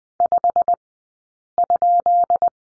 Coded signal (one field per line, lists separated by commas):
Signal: Morse code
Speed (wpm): 20 wpm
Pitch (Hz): 700 Hz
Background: none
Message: 5?